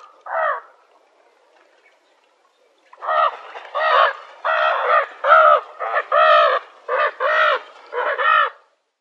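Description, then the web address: African spoonbill giving hoarse, nasal grunting calls: one note, then after a pause a series of several. "Schulze Peter African Spoonbill"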